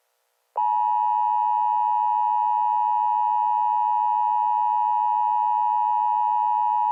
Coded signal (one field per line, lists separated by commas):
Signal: Emergency Alert System (SAME) tones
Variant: 853 and 960 Hz attention tone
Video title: EAS SCENARIO | America Gone to Hell - Part 2